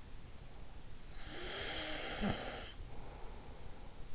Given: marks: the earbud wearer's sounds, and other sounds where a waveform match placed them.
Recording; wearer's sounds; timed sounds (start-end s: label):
sounds in sleep by an in-ear microphone; snoring breath
1.07-3.80 s: snoring breath